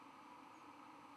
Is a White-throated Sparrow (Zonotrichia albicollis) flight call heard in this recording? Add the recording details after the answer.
no. Another species' flight call is heard. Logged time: 00:35 on 12 November 2014